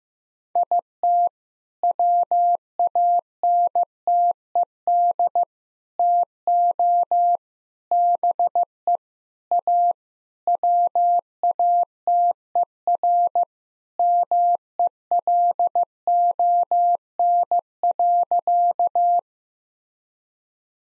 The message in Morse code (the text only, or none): IT WANTED TO BE A WATERMELON.